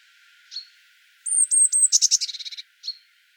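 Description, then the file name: Eurasian blue tit calling: a few thin, very high notes, then a fast, buzzy, scolding churr of about a dozen notes that speeds up, and a last thin note. "Cyanistes caeruleus"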